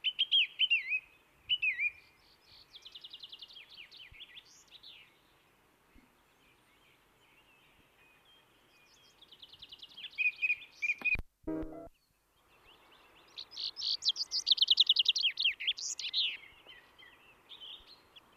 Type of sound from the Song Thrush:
song